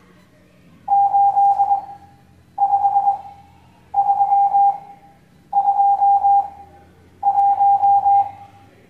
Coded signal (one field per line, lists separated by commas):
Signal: Morse code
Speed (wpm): 21 wpm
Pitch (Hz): 800 Hz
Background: none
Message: 85321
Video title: Morse Code Class 06